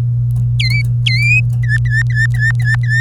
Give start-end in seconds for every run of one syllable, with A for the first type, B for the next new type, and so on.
0.60-1.40 A, 1.63-3.00 B